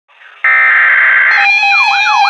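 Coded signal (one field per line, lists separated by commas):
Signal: Emergency Alert System (SAME) tones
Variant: header bursts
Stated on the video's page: Severe thunderstorm warning alert heard on a weather radio station.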